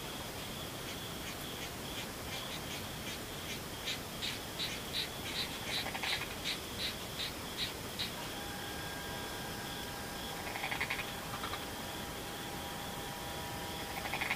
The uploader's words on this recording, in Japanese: ムシ合唱。